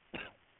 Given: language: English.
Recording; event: throat vibration sensor signal played as sound; cough